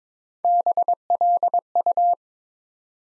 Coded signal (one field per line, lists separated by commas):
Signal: Morse code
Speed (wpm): 22 wpm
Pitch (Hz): 700 Hz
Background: none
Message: BLU